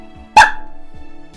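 One abrupt, sharp vocal pop over a low steady hum: an adult's imitation of his own simple vocal tic from severe Tourette syndrome, a weird popping sound that began around age 13 and was made repeatedly with head jerks to the left and eye blinking.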